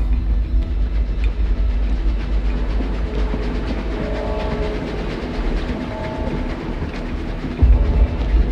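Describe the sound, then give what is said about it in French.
A train with its curtains drawn, on a return journey, rolls steadily along the rails, a continuous low rumble with faint rhythmic clatter and a few tonal hums, growing slightly louder near the end. No one speaks. “Voilà sur le chemin du retour, dans ce train aux rideaux tirés, soi-disant pour notre sécurité.”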